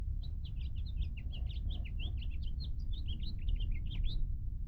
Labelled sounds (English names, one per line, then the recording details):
House Finch song
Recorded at Lawrence on Long Island, New York, on 4 June 1975
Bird D